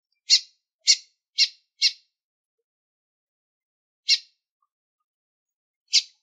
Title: Fêmea De Bigodinho Chamando Muito Para Esquentar O Macho!